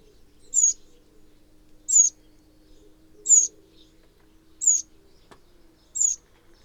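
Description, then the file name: Eurasian wren calls: brief high ticking notes repeated roughly every 1.3 seconds over a faint steady hum. "Troglodytes troglodytes"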